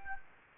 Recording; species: mosquito wingbeat signal from an infrared sensor; Anopheles gambiae